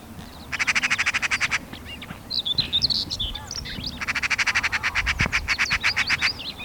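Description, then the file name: Eurasian magpie chattering: two harsh, rapid rattles of dry pulses, the first about a second long and the second about two and a half seconds, with varied whistled notes between them. "Pica pica"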